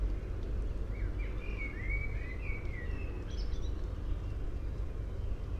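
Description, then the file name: Common blackbird giving a single run of mellow, fluty whistles that slide downward, ending in a brief high twitter, with a steady low rumble throughout. "Turdus merula"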